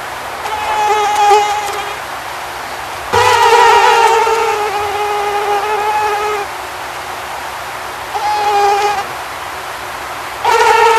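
Whining mosquito buzz comes and goes in four passes, the strongest a loud nasal drone lasting about three seconds, the others shorter, with quieter gaps between.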